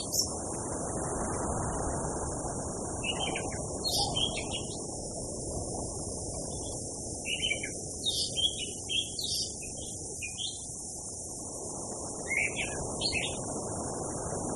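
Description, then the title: Orange-headed thrush song: bright whistled notes and twittery phrases in irregular bursts, with strong wind-like rushing underneath and a steady high-pitched hiss. Tutor recording for training cage birds, mixed with blowing wind, for therapy. "Anis Kembang. Suara Burung Anis Merah + Hembusan Angin Untuk Terapi"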